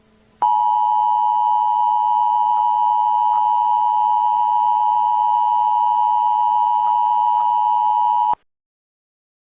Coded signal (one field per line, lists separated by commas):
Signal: Emergency Alert System (SAME) tones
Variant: 853 and 960 Hz attention tone